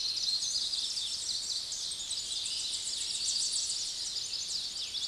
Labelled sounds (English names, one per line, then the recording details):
Tennessee Warbler song
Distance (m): 35 m
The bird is about 10 m above the microphone
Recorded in a Pennsylvania forest on 16 May 2024 at 06:03
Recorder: AudioMoth, point MSD-2417
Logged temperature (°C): 16.4 °C
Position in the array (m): 71 m, 60 m